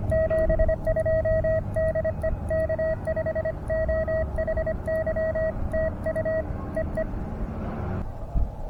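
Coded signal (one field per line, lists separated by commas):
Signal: Morse code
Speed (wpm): 25 wpm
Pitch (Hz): 640 Hz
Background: none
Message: 72DE K5OHY TU EE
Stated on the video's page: 5 W QRP CW test signal for Reverse Beacon Network, comparing 1/4-wave vertical with elevated radials against 29' end-fed random wire via 9:1 unun and tuner, four bands.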